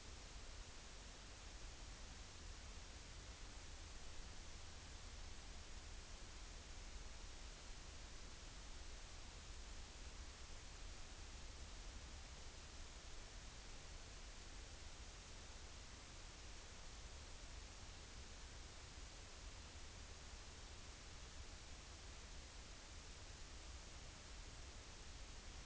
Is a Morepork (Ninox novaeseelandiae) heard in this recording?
no